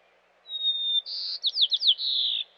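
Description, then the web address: White-crowned sparrow song: a clear high whistle, then a buzzy note, a quick run of slurred descending chips, and a long buzzy ending trill. Western North America. "Dan Gibson Wildlife Identification By Sound, Western North America. White-Crowned Sparrow"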